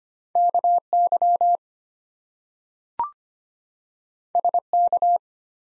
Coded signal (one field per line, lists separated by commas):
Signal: Morse code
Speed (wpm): 25 wpm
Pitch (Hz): 700 Hz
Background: none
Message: KY SK